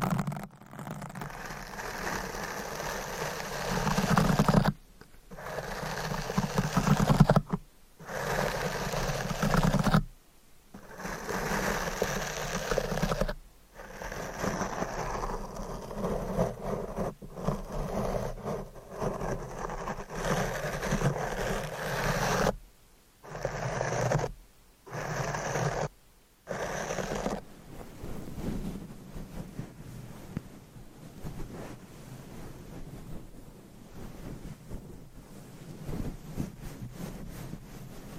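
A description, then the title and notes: Scratching, tapping and brushing against a surface, with dense rough rustling in bursts separated by abrupt silent gaps around 5, 7, 10, 13 and 23–26 seconds. After about 27 seconds the sound turns softer and more uniform, a continuous low brushing texture. ASMR 20 Up Close Triggers in 20 Minutes Scratching , Tapping , Brushing , Massage etc No Talking.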